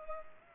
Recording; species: mosquito wingbeat signal from an infrared sensor; Culex pipiens